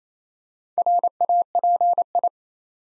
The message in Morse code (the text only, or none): RAPI